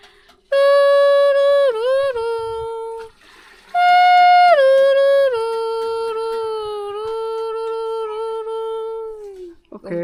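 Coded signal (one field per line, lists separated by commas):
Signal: whistled language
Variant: Kongthong jingrwai iawbei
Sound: two hummed, whistle-like melodic phrases with gliding pitch steps, a short pause between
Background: small room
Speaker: आंटी ने अपना नाम सुनाया और इन दीदी का नाम भी सुनाया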